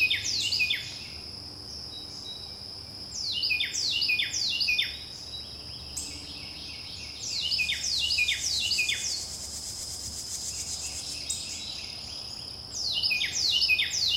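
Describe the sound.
Wren delivering loud repeated phrases of descending whistled notes, several bouts separated by short pauses, with a continuous high insect-like drone in the background.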